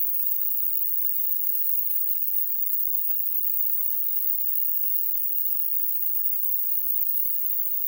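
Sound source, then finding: Synthesized tinnitus sound. Tinnitus simulation.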